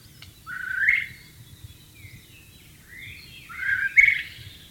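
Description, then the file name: White-rumped shama song, two bursts of rich whistled notes separated by a quiet pause, faint low background rumble. Wild bird, recorded in its natural setting. "suara burung murai batu di alam liar"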